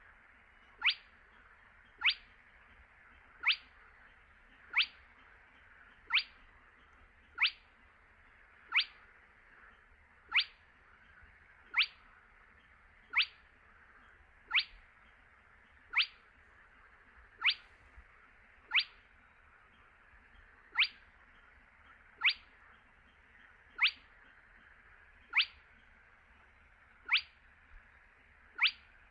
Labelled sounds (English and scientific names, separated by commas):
Spotted Crake (Porzana porzana)